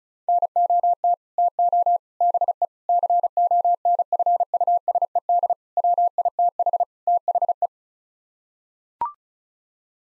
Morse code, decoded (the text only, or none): NOT TO BE CONFUSED WITH THE